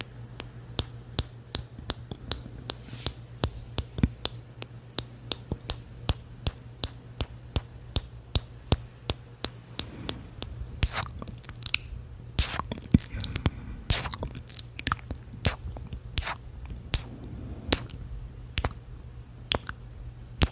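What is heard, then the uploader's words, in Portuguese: Kissing sounds: a steady run of short, bright, wet smacks, roughly two or three per second, with a denser, busier stretch around the middle. A low constant hum sits underneath throughout. SONS DE BEIJOS COM PINCEL NA TELA.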